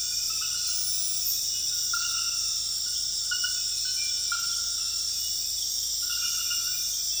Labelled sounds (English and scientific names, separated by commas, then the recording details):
none
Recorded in secondary vegetation near Puerto Asís, Putumayo, Colombia, on 20 February 2024 at 02:00
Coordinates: 0.481, -76.323
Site G6376